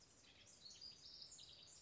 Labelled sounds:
House Wren
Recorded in Sonoma County, California

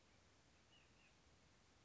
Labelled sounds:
White-breasted Nuthatch
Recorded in Sonoma County, California

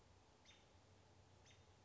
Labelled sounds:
American Robin
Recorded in Sonoma County, California

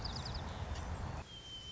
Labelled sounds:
White-crowned Sparrow
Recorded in Sonoma County, California

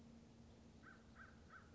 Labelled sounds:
American Crow
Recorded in Sonoma County, California

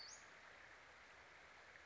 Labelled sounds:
Western Flycatcher
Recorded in Sonoma County, California

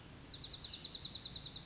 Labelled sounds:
Dark-eyed Junco
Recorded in Sonoma County, California

